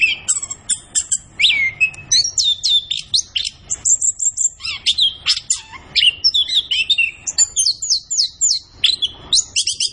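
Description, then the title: Orange-headed thrush delivering a long, lively run of varied high chirps, trills and slurred whistles with only tiny breaks. Indonesian songbird-keeping training recording (masteran), bird described as gacor. "Anis Kembang Gacor. Kicau Mania Masteran Anis Kembang"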